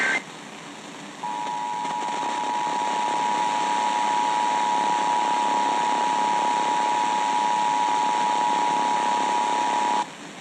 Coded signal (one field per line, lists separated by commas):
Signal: Emergency Alert System (SAME) tones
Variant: 853 and 960 Hz attention tone